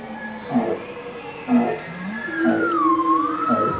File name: Bowhead Whale Song